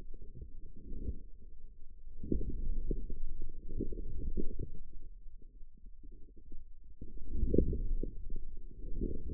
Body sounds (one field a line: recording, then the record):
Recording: forearm muscle sounds (acoustic myography)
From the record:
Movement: outward rotation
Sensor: system 2, bracelet of six BSWA MPA416 microphones around the upper forearm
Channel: 5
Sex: male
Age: 22 years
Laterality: right